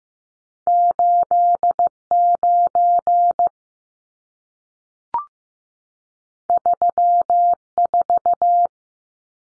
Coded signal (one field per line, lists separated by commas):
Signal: Morse code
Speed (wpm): 15 wpm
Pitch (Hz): 700 Hz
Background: none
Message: 89 34